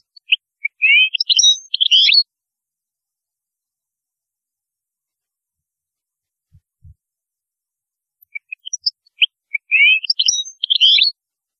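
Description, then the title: European goldfinch song: two bursts of rapid tinkling twitter separated by a long silence with a couple of faint low thuds. "Chant Chardonneret"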